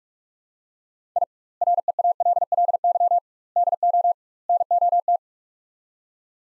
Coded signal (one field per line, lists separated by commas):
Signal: Morse code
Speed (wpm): 41 wpm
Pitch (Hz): 700 Hz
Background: none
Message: I REALLY DO NOT